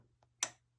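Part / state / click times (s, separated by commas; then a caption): electromagnetic pump-drive clutch engaging on its hub / seated / 0.4 s. An electromagnetic pump-drive clutch for a 540-inch billet Hemi engine with twin 110 mm turbos is energized on its hub while the part is spun by hand. A sharp, bright click at 0.4 s stands out against a low steady hum. The clutch engages and the drive becomes 1-to-1 with more drag.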